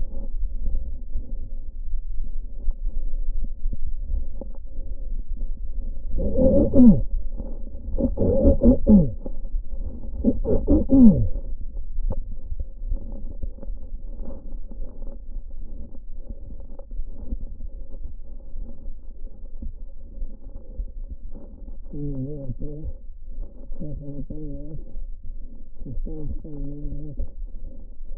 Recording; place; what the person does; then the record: lung sounds by stethoscope; right posterior apical chest; quiet breathing, then cough and speech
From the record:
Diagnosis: interstitial lung disease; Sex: male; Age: 72 years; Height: 167 cm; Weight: 74 kg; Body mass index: 26.5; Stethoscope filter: diaphragm mode